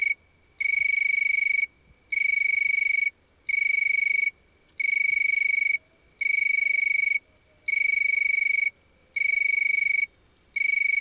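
Insect call of shrill, even, high-pitched buzzing trills, several bursts of roughly a second each, broken by brief regular silences.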